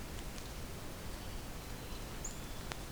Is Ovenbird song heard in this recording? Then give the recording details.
no. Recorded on 2 June 2016 at 07:34. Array SBT-3-7